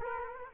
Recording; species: mosquito wingbeat signal from an infrared sensor; Culex quinquefasciatus